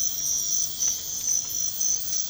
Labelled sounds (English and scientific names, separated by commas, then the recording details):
none
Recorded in pastures near Puerto Asís, Putumayo, Colombia, on 12 March 2025 at 05:00
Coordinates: 0.502, -76.324
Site GP07